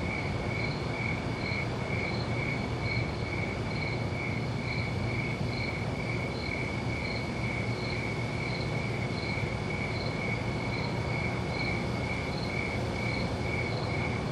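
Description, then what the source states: Cricket chirps in an even, unbroken rhythm of short high pulses about three each second, with a steady deep rumble underneath throughout. Crickets at night.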